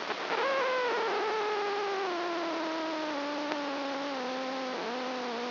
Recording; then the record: brain microelectrode recording played as sound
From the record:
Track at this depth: inside the subthalamic nucleus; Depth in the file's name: 2.405 mm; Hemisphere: right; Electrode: 2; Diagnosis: Parkinson's disease